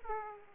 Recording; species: mosquito wingbeat signal from an infrared sensor; Aedes aegypti